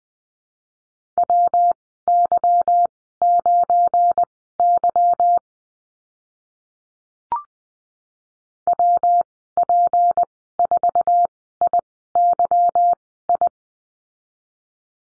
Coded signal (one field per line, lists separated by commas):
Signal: Morse code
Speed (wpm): 20 wpm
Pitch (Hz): 700 Hz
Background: none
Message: WY9Y WP4IYI